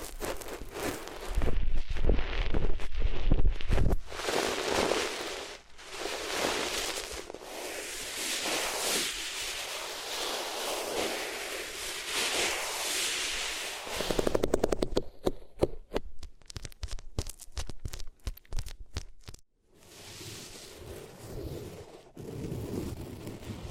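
Materials rubbed against the ears make dense, bright scratching and scraping, then a run of quick separate scratches near fifteen seconds, softer brushing after.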